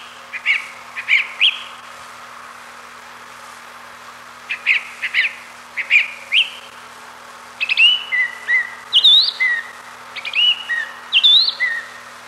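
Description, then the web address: Song thrush song: short whistled and chirpy phrases, several repeated two or three times in quick succession, then varied fluty notes after a brief pause. "grive musicienne le chant dune grive musicienne"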